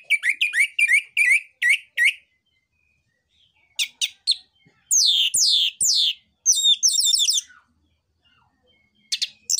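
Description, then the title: Orange-headed thrush song: rapid repeated high notes, then sweeping downslurred squeals and buzzy chatter, with brief pauses between phrases. Orange-headed thrush (anis merah) in active song (gacor) with dense song material (isian rapat); used as a lure (pancingan, pikat) and tutor recording (masteran) for young spotted birds (trotol). "PANCINGAN Anis Merah Gacor Materi Isian Rapat Cocok Untuk MASTERAN Anis Merah TROTOL"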